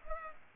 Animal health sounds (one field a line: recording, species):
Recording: mosquito wingbeat signal from an infrared sensor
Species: Culex pipiens